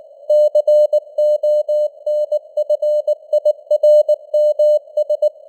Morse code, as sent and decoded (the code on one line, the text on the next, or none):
-.-. --- -. ..-. .. .-. -- ...
CONFIRMS